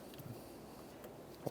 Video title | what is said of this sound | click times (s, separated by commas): How To Replace Starter 2009-2010 Pontiac Vibe | Press that right in there. Listen for a click, give it a tug to make sure it's secured. | 1.5 s